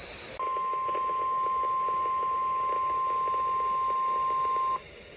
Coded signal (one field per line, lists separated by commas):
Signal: Emergency Alert System (SAME) tones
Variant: 1050 Hz attention tone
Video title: February Flooding - EAS Alerts from 2/15/25 || EAS 1,596-1,613